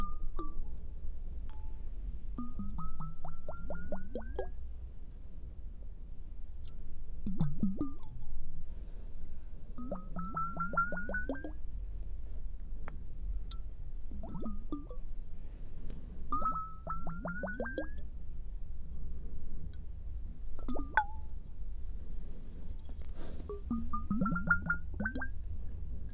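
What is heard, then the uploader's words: Water drips and sprays in regular bursts about every five seconds, each a quick rising run of bright plinks over a steady low hum. Un ASMR a base de agua. Sonidos muy relajantes de gotas cayendo, pulverizadores de agua y más. ASMR Every liquid.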